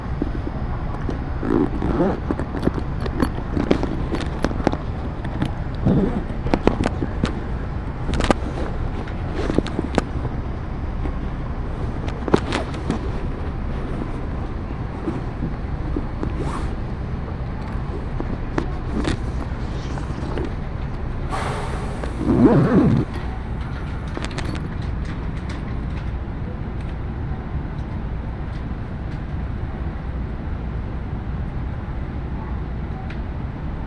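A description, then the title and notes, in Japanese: A train ride on the Iida Line, with a constant low rumble of the carriage running throughout. Short clicks and knocks from the wheels and fittings come irregularly, and a brief louder clatter with a squeal rises around twenty-two seconds. 鉄道旅 飯田線 辰野→伊那市。やってきたのは313系の2両編成。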